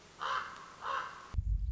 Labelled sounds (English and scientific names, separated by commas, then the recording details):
Common Raven (Corvus corax)
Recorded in Sonoma County, California